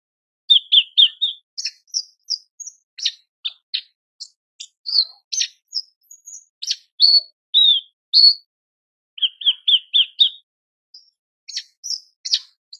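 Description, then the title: Horsfield's bush lark producing rapid high chips and short trills, with a fast repeated phrase of several notes at the start and again near nine seconds. Masteran recording for training cage birds; described as super gacor (persistent, energetic singing). "MASTERAN AMPUH KICAUAN BRANJANGAN SUPER GACOR"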